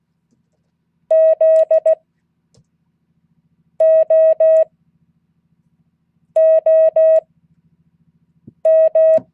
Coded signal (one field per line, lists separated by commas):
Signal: Morse code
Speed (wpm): 16 wpm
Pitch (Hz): 640 Hz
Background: none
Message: ZOOM